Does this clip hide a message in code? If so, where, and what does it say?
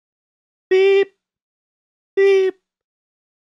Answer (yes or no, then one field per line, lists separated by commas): no